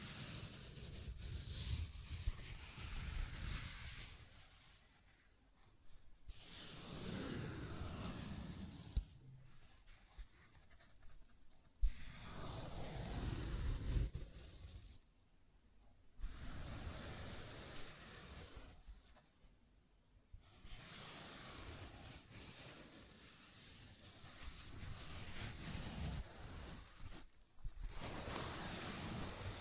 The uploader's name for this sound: Scratching and Tracing Sounds